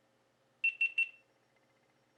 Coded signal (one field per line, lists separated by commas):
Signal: none